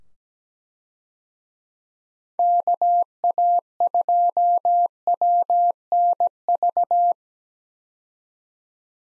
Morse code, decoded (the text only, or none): KA2WNV